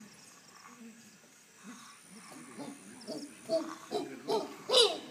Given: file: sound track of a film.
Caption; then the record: lethargy, dyspnea, and maculopapular exanthema had developed, and stridor was more pronounced.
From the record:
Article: Clinical Manifestations of an Outbreak of Monkeypox Virus in Captive Chimpanzees in Cameroon, 2016